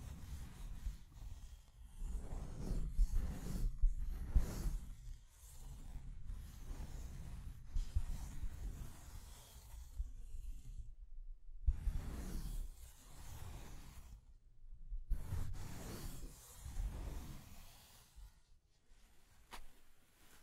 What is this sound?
Scratching and Tracing Sounds